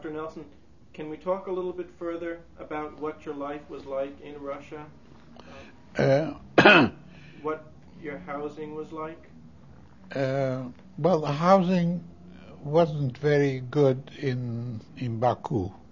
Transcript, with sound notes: Nelson, can we talk a little bit further about what your life was like in Russia?
Uh... ( he coughs )
What your housing was like?
Uh, well, housing wasn't very good in Baku.